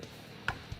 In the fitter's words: I have to kind of pick up a little bit until it fully snaps into place.